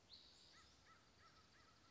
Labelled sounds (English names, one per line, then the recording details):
American Crow
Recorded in Sonoma County, California